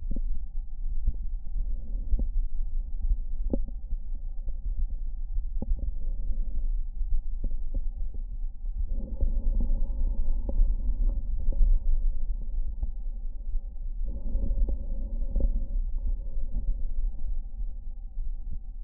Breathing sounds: lung sounds by stethoscope; right anterior apical chest; quiet breathing, then deep breathing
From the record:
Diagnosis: asthma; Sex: female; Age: 77 years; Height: 160 cm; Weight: 68.7 kg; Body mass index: 26.6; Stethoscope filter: diaphragm mode

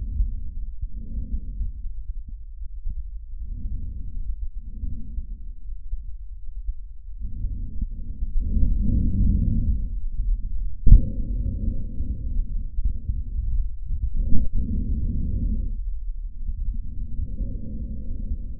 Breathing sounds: lung sounds by stethoscope; trachea; quiet breathing, then deep breathing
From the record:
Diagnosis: interstitial lung disease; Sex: male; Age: 61 years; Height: 172 cm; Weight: 71 kg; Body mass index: 24.0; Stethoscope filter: bell mode

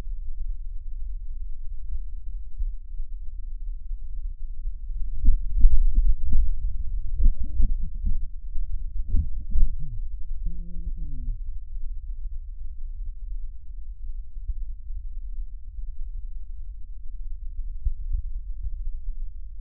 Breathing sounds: lung sounds by stethoscope; left posterior basal chest; quiet breathing, then cough and speech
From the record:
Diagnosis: COPD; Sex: male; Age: 59 years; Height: 171 cm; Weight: 91.4 kg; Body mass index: 31.3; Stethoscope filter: bell mode

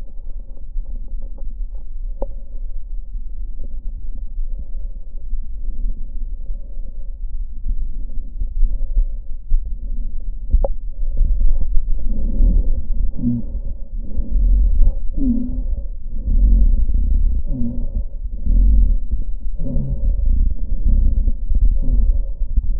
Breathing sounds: lung sounds by stethoscope; left posterior apical chest; quiet breathing, then deep breathing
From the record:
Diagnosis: interstitial lung disease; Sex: female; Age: 72 years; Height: 153 cm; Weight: 71 kg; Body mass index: 30.3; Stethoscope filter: diaphragm mode

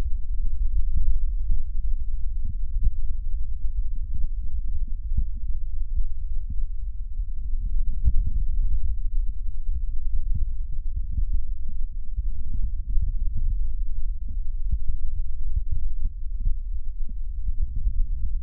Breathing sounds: lung sounds by stethoscope; left anterior apical chest; quiet breathing, then deep breathing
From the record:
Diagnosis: COPD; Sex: male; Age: 64 years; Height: 166 cm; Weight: 92.7 kg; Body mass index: 33.6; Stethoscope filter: bell mode

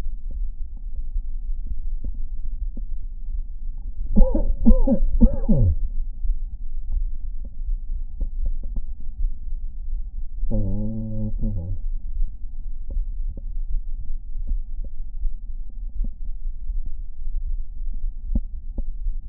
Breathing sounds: lung sounds by stethoscope; left anterior apical chest; quiet breathing, then cough and speech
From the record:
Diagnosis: COPD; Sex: male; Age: 59 years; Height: 175 cm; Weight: 73 kg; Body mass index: 23.8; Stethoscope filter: diaphragm mode

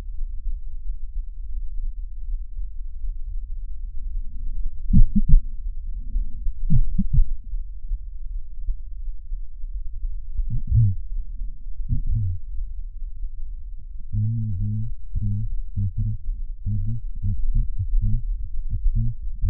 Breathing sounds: lung sounds by stethoscope; left posterior apical chest; quiet breathing, then cough and speech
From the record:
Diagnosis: none (healthy); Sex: male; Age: 29 years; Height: 180 cm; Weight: 100 kg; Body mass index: 30.9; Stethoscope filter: bell mode

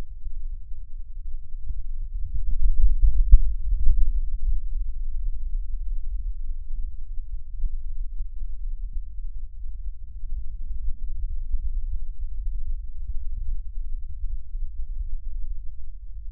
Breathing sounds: lung sounds by stethoscope; left posterior basal chest; quiet breathing, then deep breathing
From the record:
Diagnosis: interstitial lung disease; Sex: male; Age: 47 years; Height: 159 cm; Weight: 66.8 kg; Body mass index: 26.4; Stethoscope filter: bell mode

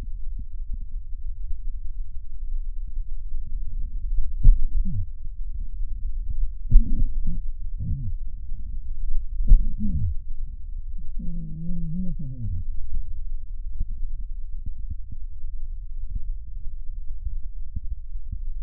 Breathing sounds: lung sounds by stethoscope; left posterior basal chest; quiet breathing, then cough and speech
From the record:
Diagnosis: COPD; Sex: male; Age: 77 years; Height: 172 cm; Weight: 85.2 kg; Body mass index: 28.8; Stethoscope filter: bell mode

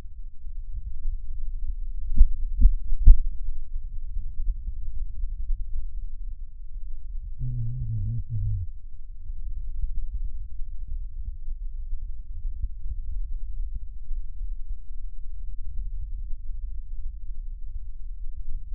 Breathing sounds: lung sounds by stethoscope; right anterior apical chest; quiet breathing, then cough and speech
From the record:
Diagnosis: COPD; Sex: male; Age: 80 years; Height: 171 cm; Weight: 75 kg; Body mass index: 25.6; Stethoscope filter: bell mode

